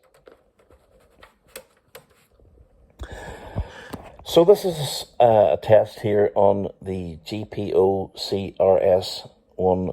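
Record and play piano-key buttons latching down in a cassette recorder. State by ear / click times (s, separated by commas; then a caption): seated / 2.0 s. On a GPO CRS132 USB/cassette recorder, the record button is pressed while the play button is held down, so the plastic piano-key buttons lock into place. A few light mechanical clicks lead up to the latch at about 2.0 s, then a rustling background begins and someone talks. The record button latches down and stays seated.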